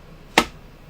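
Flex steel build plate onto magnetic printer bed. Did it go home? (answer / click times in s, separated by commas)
yes / 0.4 s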